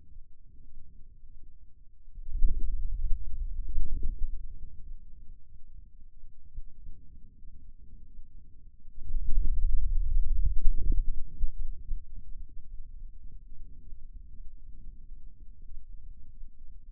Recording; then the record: forearm muscle sounds (acoustic myography)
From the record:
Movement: hand closing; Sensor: system 2, bracelet of six BSWA MPA416 microphones around the upper forearm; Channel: 3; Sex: male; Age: 22 years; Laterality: right